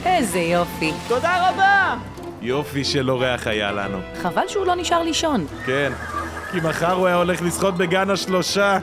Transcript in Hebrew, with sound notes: איזה יופי!
תודה רבה! (הרכב מתרחק)
יופי של אורח היה לנו
חבל שהוא לא נשאר לישון
כן, כי מחר היה הולך לשחות בגן השלושה!